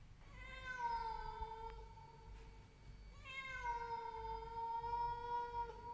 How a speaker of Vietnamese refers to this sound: Cùng lúc ấy có tiếng con mèo ở đâu kêu lên nghe thê thiết.